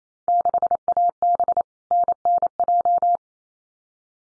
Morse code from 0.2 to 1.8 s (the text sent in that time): 6AB